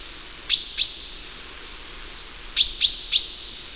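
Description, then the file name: Common chaffinch calling with abrupt, bright, high 'pink' notes, first a pair, then after a short pause a quick run of three, each leaving a brief ringing echo. "Fringilla coelebs"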